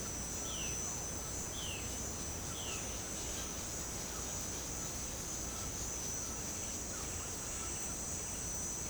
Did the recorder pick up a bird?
yes